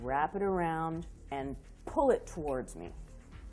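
A wooden bow drill spindle is dived in between the cord and the bow, twisted around and pulled back toward the person loading it while someone talks. No snap is heard, and the spindle has not yet seated in the cord.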